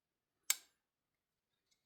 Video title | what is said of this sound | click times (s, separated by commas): Civivi Baklash #civiviknives #civivibaklash #knifereview #knifedisassembly | Hear it click in there? Yeah, really nice, solid. | 0.5 s